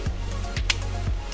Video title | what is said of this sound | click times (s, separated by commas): Transformers Rescue Bots Bumblebee Toy Collection! Over 30+ Rescue Bots Bumblebee Toys! | And then the transformers push his tail between his legs. Make sure it snaps. | 0.7 s